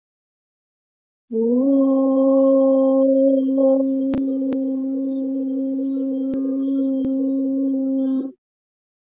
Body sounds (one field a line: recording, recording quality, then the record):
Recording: sustained vowel as in boot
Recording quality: moderate, slight background noise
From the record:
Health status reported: healthy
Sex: female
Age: 40 years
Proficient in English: no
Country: India